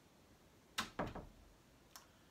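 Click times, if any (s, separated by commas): none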